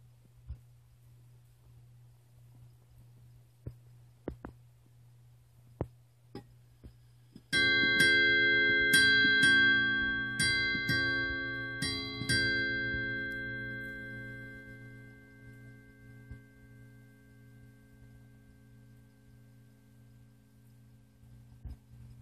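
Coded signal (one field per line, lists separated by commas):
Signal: ship's bell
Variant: ship's bell clock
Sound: clock ticking, then eight ringing bell strikes in four pairs, slowly decaying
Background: clock ticking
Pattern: 2-2-2-2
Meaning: Eight bells marks the end of a four-hour watch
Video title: Seth Thomas 8 day ship's bell clock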